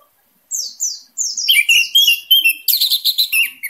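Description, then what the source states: Orange-headed thrush singing a fast, varied run of high thin descending whistles leading into loud, rapid, ringing, slurred notes. Indonesian name anis merah; singing intensely and continuously, described with the bird-keeping song terms teler, gacor and dor.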